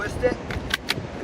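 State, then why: Seated. A squeezed section of corrugated drain pipe, used as an internal insert coupling, is pushed into a second corrugated drain pipe and twisted while someone talks. Two sharp snaps are heard at 0.7 s and 0.9 s as the coupling seats, giving a perfect coupling.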